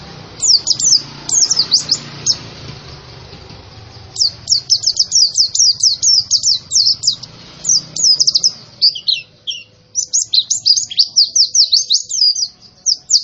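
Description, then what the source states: White-eye singing in fast runs of high, sharp chirped notes, with a few quieter pauses between bursts and a soft background hiss. Young bird, described as in full, vigorous song.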